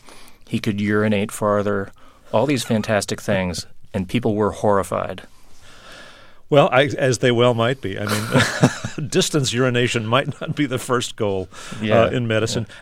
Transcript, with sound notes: He could urinate farther - all these fantastic things, and people were horrified.
Well, as they well might be. I mean, (laughter) distance urination might not be the first goal in medicine.